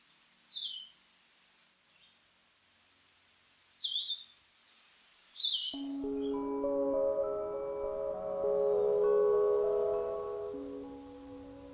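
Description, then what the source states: Blue-headed Vireo, three brief slurred phrases, a long pause after the first and the last two close together, then sustained music takes over the second half. Songful insectivore breeding in boreal and montane forests; its most used song is slower and sweeter than the red-eyed vireo's, with longer pauses between phrases.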